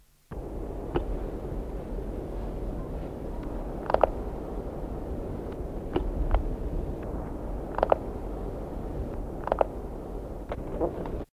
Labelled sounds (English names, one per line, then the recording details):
Spotted Wood Owl
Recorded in captivity
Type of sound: threatening call
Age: adult
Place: Vogelpark Bad Schwartau, Schleswig-Holstein, DE
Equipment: Halbspur, 9,5 cm/s
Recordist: Lütgens, Hans
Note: Drohen